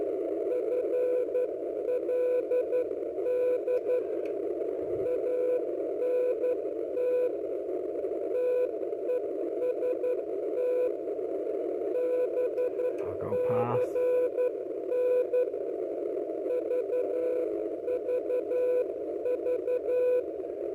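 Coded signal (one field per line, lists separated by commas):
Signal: Morse code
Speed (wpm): 11 wpm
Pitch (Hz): 500 Hz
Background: speech, radio noise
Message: FLD ANT TEST BCN VVV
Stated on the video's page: 40 metre signal used to test the far-field pattern of an experimental small E-field beam antenna.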